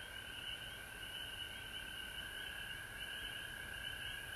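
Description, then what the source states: A frog chorus of many overlapping trilled calls, forming two unbroken high bands that hold steady throughout, with soft background hiss. Recorded at home in Georgia on March 19, 2020.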